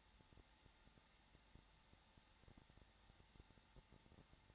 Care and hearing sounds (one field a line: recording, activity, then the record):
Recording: daily activity, microphone in the room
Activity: no activity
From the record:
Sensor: 3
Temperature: 21.3 degrees Celsius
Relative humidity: 33.3%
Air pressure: 994.5 hPa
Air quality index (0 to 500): 168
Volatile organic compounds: 3 ppm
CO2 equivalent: 1459 ppm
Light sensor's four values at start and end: 2/3/2/2 and 2/3/2/2